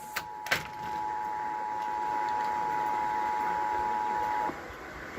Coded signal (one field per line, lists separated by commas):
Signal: Emergency Alert System (SAME) tones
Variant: 853 and 960 Hz attention tone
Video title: Iowa EAS Required Monthly Test (March 4, 2020)